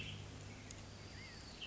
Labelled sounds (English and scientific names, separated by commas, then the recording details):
Western Tanager (Piranga ludoviciana)
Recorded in Sonoma County, California